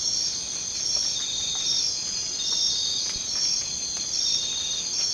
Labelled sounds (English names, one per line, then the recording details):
none
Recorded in dense forest near Puerto Asís, Putumayo, Colombia, on 24 March 2025 at 02:30
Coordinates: 0.500, -76.322
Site GP06